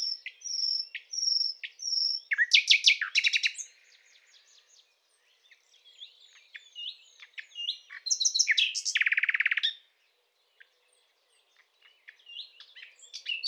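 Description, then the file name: Common nightingale song with clear whistled notes, then loud rapid buzzy rattles, quiet pauses and further varied phrases. "Luscinia megarhynchos"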